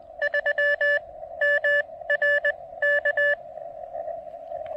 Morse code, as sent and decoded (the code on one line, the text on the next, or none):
...-- / -- / .-. / -.-
3 M R K